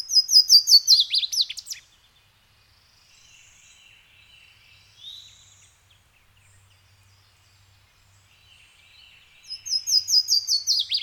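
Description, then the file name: Birds singing in woodland: a loud bright chirping series with rapid descending notes at start and end, fainter thin whistles and twitters in between. Woodland ambience with birds both close and in the distance. "kevin boucher nature woods ambience birds close and in distance"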